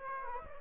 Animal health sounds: mosquito wingbeat signal from an infrared sensor; Aedes aegypti

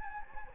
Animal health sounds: mosquito wingbeat signal from an infrared sensor; Anopheles gambiae

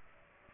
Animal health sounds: mosquito wingbeat signal from an infrared sensor; Aedes aegypti

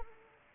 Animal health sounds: mosquito wingbeat signal from an infrared sensor; Anopheles arabiensis

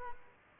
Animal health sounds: mosquito wingbeat signal from an infrared sensor; Aedes aegypti

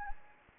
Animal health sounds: mosquito wingbeat signal from an infrared sensor; Anopheles gambiae

